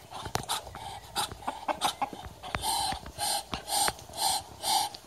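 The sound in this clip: Muscovy duck breathy hisses: a few sharp clicks and short puffs at first, then five louder drawn-out hissing breaths in even succession.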